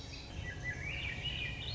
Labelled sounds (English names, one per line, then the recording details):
Swainson's Thrush
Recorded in Sonoma County, California